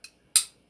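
A steel safety lever, with its handle at the 12 o'clock position, is pushed back into a Beretta 92FS pistol slide. A faint tick at 0.0 s is followed by a sharp, bright metallic click at 0.4 s that fades within about a fifth of a second. The lever seats and catches the firing pin.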